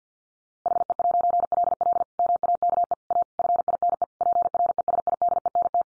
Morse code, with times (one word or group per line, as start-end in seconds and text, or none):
0.7-2.0 HE'LL
2.2-2.9 MAKE
3.1-3.2 A
3.4-4.0 FINE
4.2-5.8 PRESIDENT